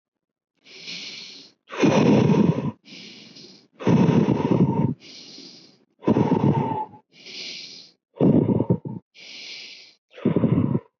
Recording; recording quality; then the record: deep breathing; excellent, no background noise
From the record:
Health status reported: COVID-19 positive, mild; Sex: male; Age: 24 years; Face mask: not worn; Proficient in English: yes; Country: India